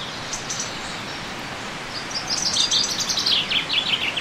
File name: Fringilla coelebs